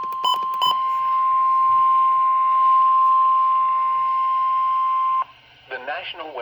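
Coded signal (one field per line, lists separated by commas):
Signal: Emergency Alert System (SAME) tones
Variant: 1050 Hz attention tone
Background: speech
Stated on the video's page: Severe thunderstorm warning received on NOAA weather radio station KZZ81.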